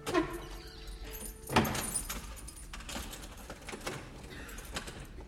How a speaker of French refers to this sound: Zuko sort d'une chambre, ferme sa porte à clé.